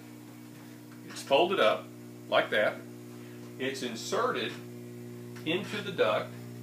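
A folded inflatable zone damper is being inserted into a round HVAC duct while someone talks over a steady low mains hum. Nothing has seated or popped into place yet.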